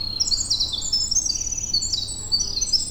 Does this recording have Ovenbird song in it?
no